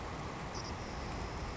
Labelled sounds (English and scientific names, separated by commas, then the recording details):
Savannah Sparrow (Passerculus sandwichensis)
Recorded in Sonoma County, California